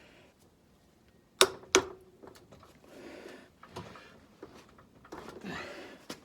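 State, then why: Torque reached. A click-type torque wrench tightens a fastener on the front hub/rotor assembly of a car's front suspension. Two loud, sharp clicks come near the end of the pull, at 1.4 s and 1.8 s, followed by quieter shuffling and handling noise. The wrench reaches its setting and the fastener is called tight, even though the part is fighting the pull.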